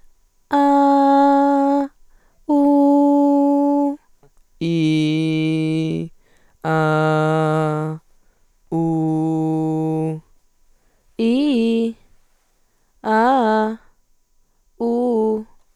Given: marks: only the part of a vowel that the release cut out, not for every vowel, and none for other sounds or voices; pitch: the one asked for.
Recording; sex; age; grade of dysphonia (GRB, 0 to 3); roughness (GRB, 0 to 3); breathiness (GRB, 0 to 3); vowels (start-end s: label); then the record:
sustained vowels; female; 20 to 29 years; 1; 1; 0
0.57-1.77 s: vowel /a/, high pitch
2.53-3.87 s: vowel /u/, high pitch
4.66-5.88 s: vowel /i/, low pitch
6.71-7.87 s: vowel /a/, low pitch
8.77-10.07 s: vowel /u/, low pitch
11.22-11.85 s: vowel /i/, low-high-low pitch
13.09-13.67 s: vowel /a/, low-high-low pitch
14.83-15.35 s: vowel /u/, low-high-low pitch
From the record:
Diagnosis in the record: functional dysphonia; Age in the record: 20 years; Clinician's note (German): Bei angegebenem Stimmberuf